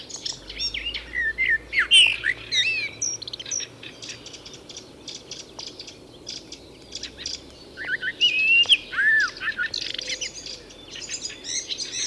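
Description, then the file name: Common blackbird giving a few whistled phrases with squeaky high endings, a long pause between them, and soft chirping in the background. "Turdus merula"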